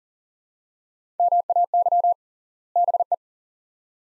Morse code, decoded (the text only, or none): MAY BE